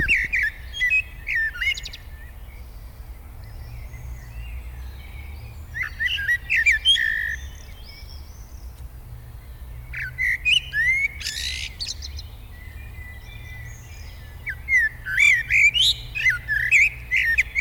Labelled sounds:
Common Blackbird (Turdus merula)
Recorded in the wild
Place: Schloßpark Niederschönhausen, Berlin, DE
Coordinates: 52.58, 13.4
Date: 1996-05-18 19:10
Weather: sonnig, 24°C
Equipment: Sony MD-WM MZ-R3, Sennheiser MKH 416 T, Kopie Uher 4000 Report Monitor
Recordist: Tembrock, Günter

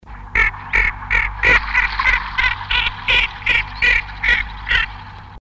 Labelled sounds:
Ferruginous Duck (Aythya nyroca) call, Common Greenshank (Tringa nebularia)
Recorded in the wild
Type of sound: call
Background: Tringa nebularia
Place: Neusiedler See, AT
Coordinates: 47.9492, 16.8425
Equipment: Halbspur, 9,5 cm/s
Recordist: Lütgens, Hans
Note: Zusammen mit einem Grünschenkel aufgeschreckt

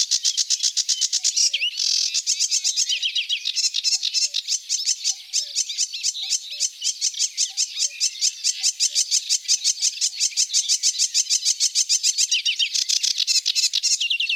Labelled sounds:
Sedge Warbler (Acrocephalus schoenobaenus) song
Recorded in the wild
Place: Flögelner See, Schleswig-Holstein, DE
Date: 1982-05-30
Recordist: Schwarz, Dieter

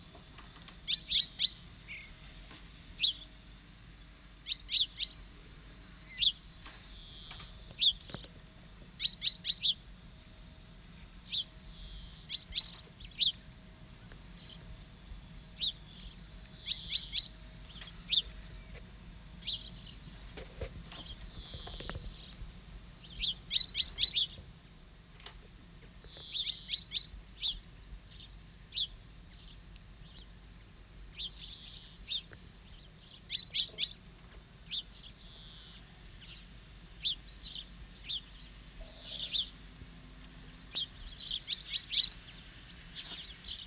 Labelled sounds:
Great Tit (Parus major) call
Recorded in the wild
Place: Oberstdorf, Bayern, DE
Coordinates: 47.4483, 10.2961
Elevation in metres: 857
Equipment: Uher 4000 Report
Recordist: Tretzel, Erwin

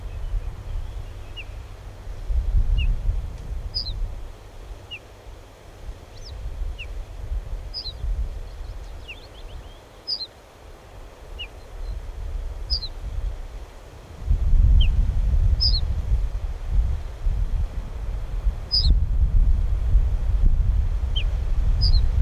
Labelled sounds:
Ortolan Bunting (Emberiza hortulana) alarm call
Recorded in the wild
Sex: pair
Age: adult
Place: Schloß Holte-Stukenbrock, Senne, Nordrhein-Westfalen, DE
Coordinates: 51.8606, 8.65611
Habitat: edge of the woods
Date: 1969-06-08
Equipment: Uher 4000 Report-S, Bändchenmikro Beyer M 260, Parabolspiegel Polyester (470 mm)
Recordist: Conrads, Klaus

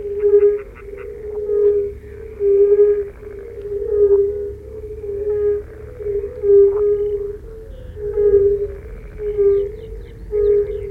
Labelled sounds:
Fire-Bellied Toad (Bombina bombina) call
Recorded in the wild
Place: Groß Nemerow, Mecklenburg-Vorpommern, DE
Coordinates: 53.448, 13.219
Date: 1980-06-23 22:00
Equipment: Nagra III BH, Sennheiser MD 21, parabola
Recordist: Schubert, Michael
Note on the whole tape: Rotbauchunken

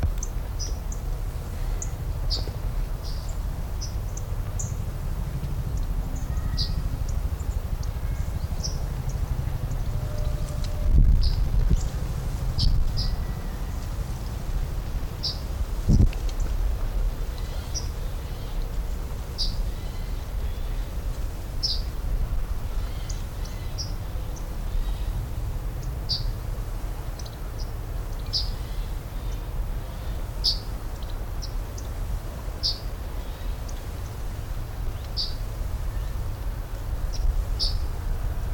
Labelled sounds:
Yellowhammer (Emberiza citrinella) call
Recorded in the wild
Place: Plön, Holsteinische Schweiz, Schleswig-Holstein, DE
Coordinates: 54.161, 10.426
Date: 1992-09-23 14:35
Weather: heiter bis wolkig, Wind, 16-22°C
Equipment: Marantz CP 430, Sennheiser ME 80, Kopie Tesla B 116
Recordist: Tembrock, Günter

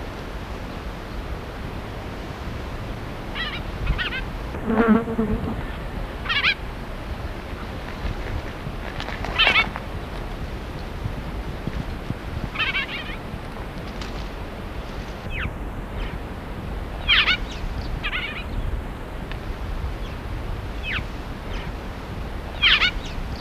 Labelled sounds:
Great Sparrow (Passer motitensis) call
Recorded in captivity
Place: Farm Bergquell
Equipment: Halbspur, 9,5 cm/s
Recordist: Lütgens, Hans

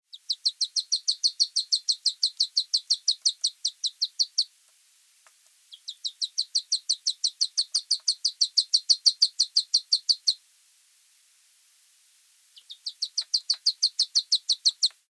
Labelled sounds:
Wood Duck (Aix sponsa)
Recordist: Frommolt, Karl-Heinz
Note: Verlassenheitslaute eines Kükens

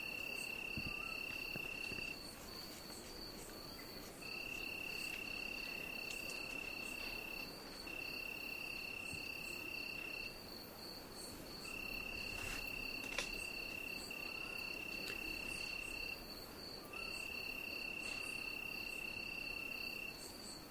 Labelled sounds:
Tree Cricket (Oecanthus pellucens) stridulation
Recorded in the wild
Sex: male
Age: imago
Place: Tiuccia, Corsica, FR
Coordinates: 42.0692, 8.73167
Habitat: macchia
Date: 2011-07-16
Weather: 20°C, clear night, almost windless
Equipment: Fostex FR2-LE, Sennheiser ME66, Popschutz
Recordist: Frommolt, Karl-Heinz

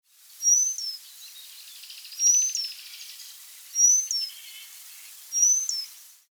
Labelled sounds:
Eurasian Penduline Tit (Remiz pendulinus)
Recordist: Tembrock, Günter
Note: Gesang

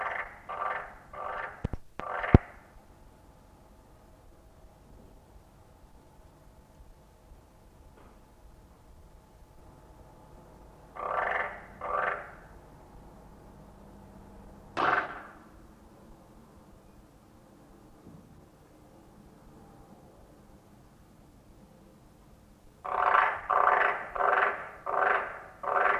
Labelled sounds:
Edible Frog (Pelophylax esculentus) call
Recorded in captivity
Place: Museum für Naturkunde Berlin, Berlin, DE
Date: 1966-05-05
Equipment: Smaragd, Grundig-Mikrofon
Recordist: Günther, Rainer

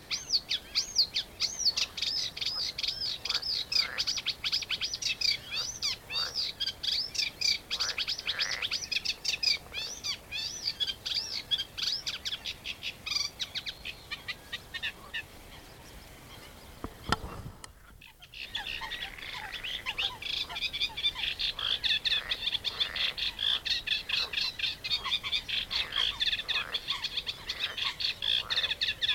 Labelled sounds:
Eurasian Reed Warbler (Acrocephalus scirpaceus)
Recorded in the wild
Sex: male
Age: adult
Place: Karower Teiche, Naturpark Barnim, Berlin, DE
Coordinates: 52.623, 13.46
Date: 1992-06-14
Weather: sonnig (heiter), 19-22°C
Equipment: Nagra SN, Mikrofon AKG CK 8, Kopie Tesla B 116
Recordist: Tembrock, Günter

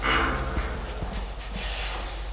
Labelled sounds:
Pygmy Hippopotamus (Hexaprotodon liberiensis) call
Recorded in captivity
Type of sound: call
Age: adult
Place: Zoo Halle, Sachsen-Anhalt, DE
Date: 1993-04-26
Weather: fair, 26 °C
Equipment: Sony WM-D6C, Sony ECM-939 LT, Kopie Uher Variocord 263
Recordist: Tembrock, Günter
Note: Ein Kurzlaut

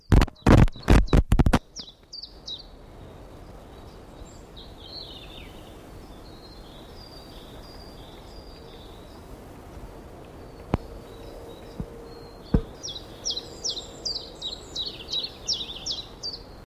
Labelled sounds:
Common Chiffchaff (Phylloscopus collybita) song
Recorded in the wild
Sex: male
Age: adult
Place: Mühlenbecker Land, OT Summt, Brandenburg, DE
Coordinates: 52.6928, 13.3581
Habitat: forest
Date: 1988-04-03 12:48
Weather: hazy, 8°C
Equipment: Nagra SN, Kopie Tesla B 116
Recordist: Tembrock, Günter

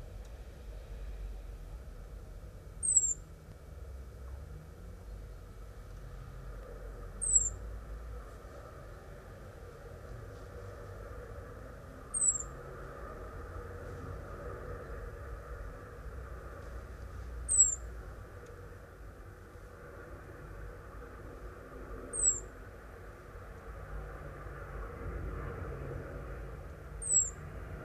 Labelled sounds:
Common Blackbird (Turdus merula) call
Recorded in the wild
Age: adult
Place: Kaiserslautern, Rheinland-Pfalz, DE
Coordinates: 49.4247, 7.77889
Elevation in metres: 279
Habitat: garden
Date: 1980-08-18
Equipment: Uher 4000 Report, Brühler-Mikrophon, Parabolreflektor
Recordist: Tretzel, Erwin
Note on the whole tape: Garten, Kaiserslautern: Rufe "sieh"

